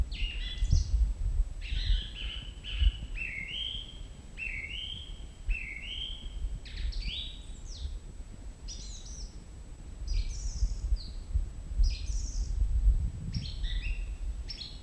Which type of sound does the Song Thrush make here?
song